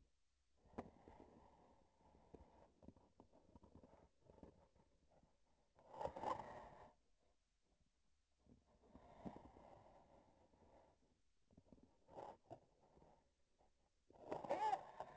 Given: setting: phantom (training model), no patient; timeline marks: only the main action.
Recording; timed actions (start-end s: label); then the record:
laparoscopic instrument, vibration sensor on the handle end
3.15-4.94 s: palpation
11.43-13.33 s: palpation
From the record:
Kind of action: gesture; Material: synthetic tissue